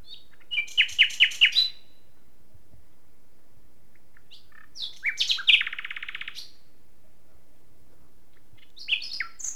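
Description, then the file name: Common nightingale song: a quick run of five sharp repeated notes, a pause, then a buzzy rattling phrase sliding into a rapid trill, and a few bright notes at the end. "Luscinia megarhynchos"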